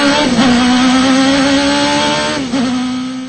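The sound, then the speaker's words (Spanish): A rally car engine in a world rally revs hard and steadily, its loud droning tone holding a constant pitch with two brief dips where it drops and climbs again, fading slightly toward the end; from an advert for Shell Helix Ultra engine oil. “En los desafíos extremos que impone un rally mundial, es fundamental un aceite que mantenga el interior del motor limpio.”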